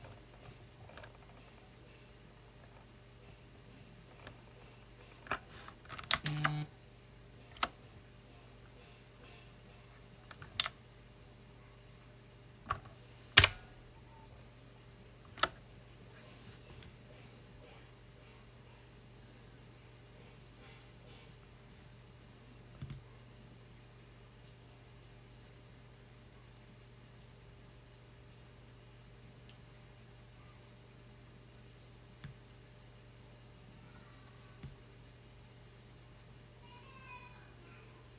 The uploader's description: close-up recording of me working with a loud mechanical keyboard